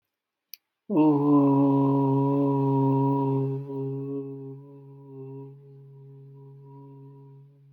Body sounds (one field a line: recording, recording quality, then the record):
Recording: sustained vowel as in boot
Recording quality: excellent, no background noise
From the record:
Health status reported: healthy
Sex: male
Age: 35 years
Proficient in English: no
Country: India